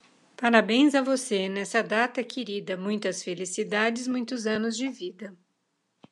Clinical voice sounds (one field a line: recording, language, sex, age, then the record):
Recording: short text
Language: Brazilian Portuguese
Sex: female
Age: 60 to 69 years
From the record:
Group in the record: control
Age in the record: 69 years